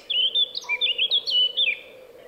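Bird song: a fast, high, warbled phrase of rapidly shifting chirping notes, with a constant low hum underneath.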